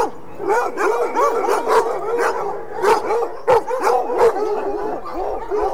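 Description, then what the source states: Dogs barking, a crowded mix of sharp barks and whiny yips from several animals, with a few louder barks standing out. A pack of dogs.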